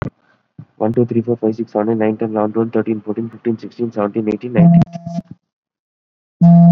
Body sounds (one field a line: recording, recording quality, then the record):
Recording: counting at a fast pace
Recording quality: excellent, no background noise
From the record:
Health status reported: COVID-19 positive, mild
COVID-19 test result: positive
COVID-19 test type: RT-PCR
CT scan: not taken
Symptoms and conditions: cough, cold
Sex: male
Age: 22 years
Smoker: no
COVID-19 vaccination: one dose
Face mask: worn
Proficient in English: yes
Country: India